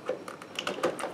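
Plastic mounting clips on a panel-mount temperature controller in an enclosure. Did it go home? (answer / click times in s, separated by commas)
no / none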